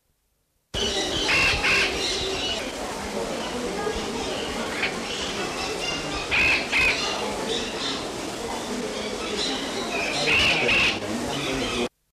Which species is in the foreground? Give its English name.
Yellow-eared Parrot